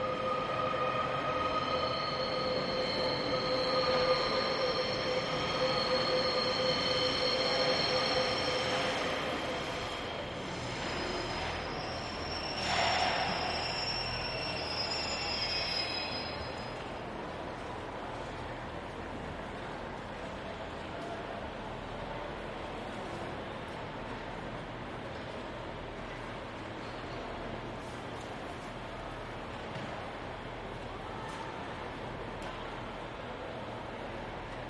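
A train in a station, with high, steady wheel squeals ringing over the rumble for the first fifteen seconds or so, shifting pitch around the ten to thirteen second mark. After that the squeal fades and a low, even rumble and murmur of the station carry on to the end.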